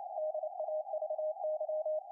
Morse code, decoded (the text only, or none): DAVY